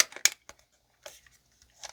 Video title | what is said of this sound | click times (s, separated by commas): MUST SEE BEST BATTERY OPERATED COCKTAIL SMOKER? POCKFOG FULL REVIEW & DEMO! | Once you've got your wood chips loaded in here, all you got to do is press it back in and you'll hear the click, | 0.0 s, 0.2 s